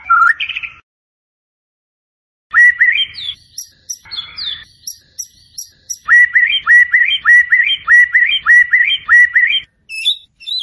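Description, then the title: White-rumped shama song in bursts: a short whistled phrase, a pause, then scratchy notes and a rapid series of repeated upslurred whistles with high squeaky notes. Masteran training recording of a champion white-rumped shama (murai batu) song, used to tutor other songbirds. "Masteran Murai Batu Juara"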